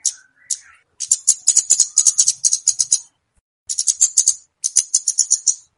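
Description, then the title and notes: Flowerpecker call as strings of very high, dry ticking notes repeated quickly in several bursts, with a faint lower warble at the start. Chirping played as a lure for attracting and catching birds. "Kicau Untuk Pancing Burung Kemade ( Cabe Cabean). Suara Burung Cabe Cabean Pikat"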